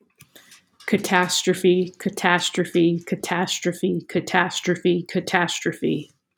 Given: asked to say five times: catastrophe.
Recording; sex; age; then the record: repeated word; female; 30 to 39 years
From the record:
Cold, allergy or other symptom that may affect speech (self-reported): no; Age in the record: 33 years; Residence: New York, United States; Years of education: 19